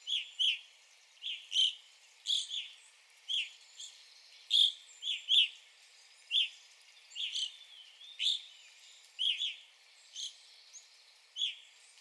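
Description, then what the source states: Evening grosbeak calls: short, bright, slightly burry notes, single or in quick pairs, repeated at irregular intervals throughout. Recorded on 9 April 2021.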